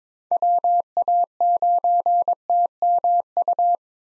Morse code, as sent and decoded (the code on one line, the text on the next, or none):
.-- .- ----. - -- ..-
WA9TMU